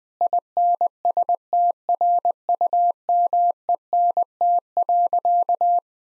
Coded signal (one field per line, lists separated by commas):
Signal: Morse code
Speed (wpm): 20 wpm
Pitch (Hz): 700 Hz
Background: none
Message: INSTRUMENT.